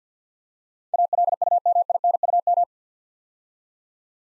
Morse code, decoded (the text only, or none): ALUMINUM